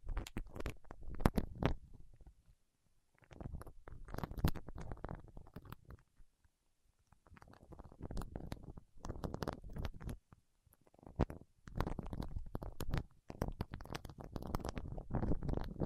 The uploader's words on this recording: ASMR with Wax Fingertips for Sleep (No Talking).